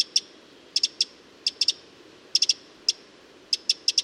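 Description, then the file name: Eurasian wren calls, dry ticks singly, in pairs and in a triplet, repeated every half second or so over a low steady hiss. "Troglodytes troglodytes"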